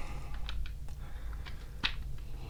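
A plastic peg on a Transformers Autobot Agent Knight, a Knight Rider crossover transforming robot figure, is pushed into its socket. Several small handling taps come first, then a louder, sharp tick at 1.9 s as the peg clicks in and seats.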